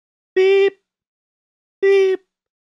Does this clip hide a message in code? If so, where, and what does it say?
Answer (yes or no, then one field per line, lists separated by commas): no